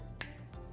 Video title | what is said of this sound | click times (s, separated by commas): 2018-2025 CHEVY EQUINOX 1.5L Turbo - Bad Variable Valve Timing (VVT) Solenoids | I'm gonna slide it on, listen for the click. There you go. | 0.2 s